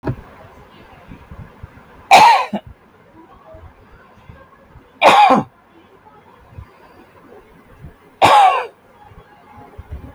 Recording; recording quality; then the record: heavy voluntary cough; excellent, no background noise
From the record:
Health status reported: healthy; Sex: male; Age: 43 years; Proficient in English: yes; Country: India